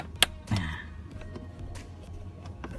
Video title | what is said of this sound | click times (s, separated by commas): DIY #13: Ganti Filter AC/Kabin--Chevrolet Spin | sampai bunyi klik. | 0.2 s